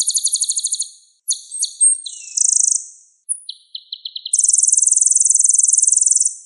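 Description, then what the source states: Olive-backed sunbird song: a quick high chip series, varied notes and a short buzzy trill, then lower staccato notes and a long, dense, buzzy trill; clean, no background. Clear sound.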